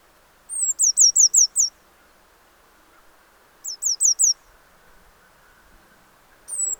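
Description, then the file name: Eurasian blue tit giving rapid runs of high, thin, falling notes, a long phrase, then a shorter one, and a sliding note at the very end. "Cyanistes caeruleus"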